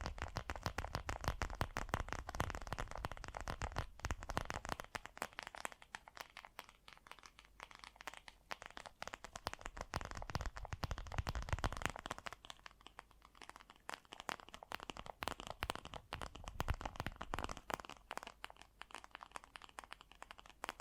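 Fast, gentle tapping runs continuously, a dense stream of light, crisp taps with a crinkly, crunchy edge. The rhythm stays quick throughout, with a fuller, lower-sounding stretch at the start and again after about twelve seconds, and a slightly thinner patch between.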